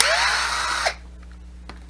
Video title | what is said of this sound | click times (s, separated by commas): Black and Decker MS800B Nylon Strut Repair | You hear that snap? | 1.7 s